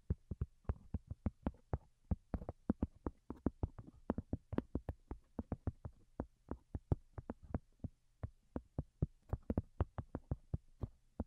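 Light, delicate tapping in a quick, fairly even rhythm of about four or five taps per second, each tap short and crisp with a soft thudding body. The pace stays steady across the clip, over a faint low hum that sits underneath throughout.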